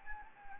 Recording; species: mosquito wingbeat signal from an infrared sensor; Anopheles gambiae